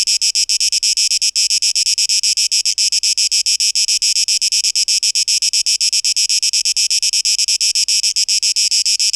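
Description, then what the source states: Cicadas give a shrill, rasping buzz chopped into fast repeated pulses, steady from start to finish. Cicadas recorded on 12 August 2023.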